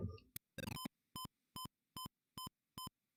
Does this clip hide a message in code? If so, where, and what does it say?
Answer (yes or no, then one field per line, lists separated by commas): no